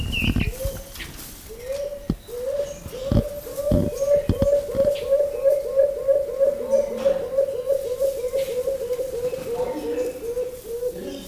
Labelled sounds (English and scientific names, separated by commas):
Trumpet Manucode (Phonygammus keraudrenii) call